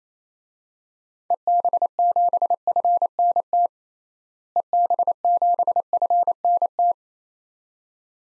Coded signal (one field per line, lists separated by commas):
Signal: Morse code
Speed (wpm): 28 wpm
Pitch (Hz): 700 Hz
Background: none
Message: EB7FNT EB7FNT